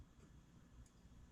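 During reassembly of a Daiwa Millionaire 4HM fishing reel after cleaning and repair, a part, likely the handle, is handled and pressed toward the reel. Only quiet low rumble and a couple of faint, soft ticks are heard. Nothing has popped on or seated yet.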